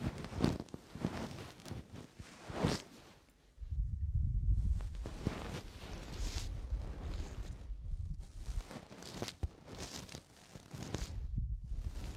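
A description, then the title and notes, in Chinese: Soft breaths of air are blown into the microphone, with a heavier, rumbling gust from about 3.5 to 5 seconds. Between the breaths come brief scratchy rustles and taps of ear cleaning, quickest around 8 to 11 seconds. 酥麻吹气掏耳。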